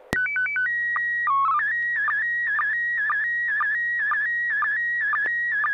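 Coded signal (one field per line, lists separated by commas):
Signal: SSTV (slow-scan television)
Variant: PD 120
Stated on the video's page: SSTV net on an FM repeater on 441.300 MHz in Sacramento, sent with MMSSTV software.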